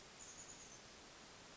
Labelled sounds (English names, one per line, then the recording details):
Chestnut-backed Chickadee
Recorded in Sonoma County, California